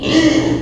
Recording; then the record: squeal of a Yucatan mini pig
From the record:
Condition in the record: before surgery on the right vocal fold (resection and tissue-engineered implant); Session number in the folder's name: 1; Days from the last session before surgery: -3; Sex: male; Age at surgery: 12 weeks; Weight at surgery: 13 kg